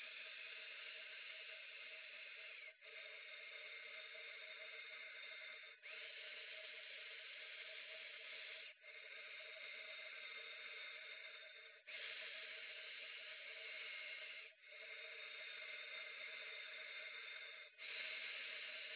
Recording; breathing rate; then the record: paced breathing near a phone; 10 breaths a minute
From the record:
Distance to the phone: 20 cm